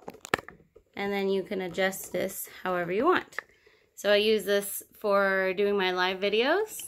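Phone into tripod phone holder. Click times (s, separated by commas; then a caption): 0.3 s. A smartphone is pressed into the plastic phone holder on a tripod and seats with a sharp plastic click at 0.3 s, after a few smaller clicks and rattles. Then someone talks.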